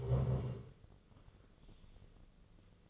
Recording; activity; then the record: daily activity, microphone in the room; stand up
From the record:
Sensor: 4